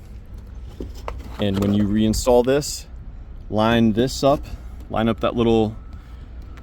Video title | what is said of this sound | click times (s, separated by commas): 2012 Nissan Altima Backup Light Bulb Replacement, Backup Switch Circuit | and it's got to rotate clockwise to lock into place. | 1.1 s